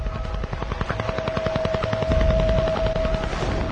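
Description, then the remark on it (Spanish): Recording of the Russian Woodpecker radio signal, transmitted by the Russians and recorded by radio amateurs: a fast, steady stream of sharp taps like a woodpecker's hammering, buzzing loudly over static with a steady tone running through it. “Lo llamaron pájaro carpintero ruso porque fueron los rusos quienes emitían la señal y porque el sonido registrado por los radioaficionados parecía el martilleo que produce el pájaro carpintero.”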